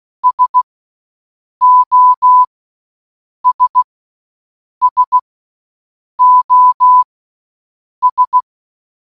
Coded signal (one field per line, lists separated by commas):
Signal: Morse code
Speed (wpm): 16 wpm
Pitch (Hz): 1000 Hz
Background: none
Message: SOS SOS